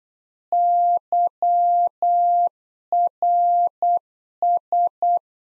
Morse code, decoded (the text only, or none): YRS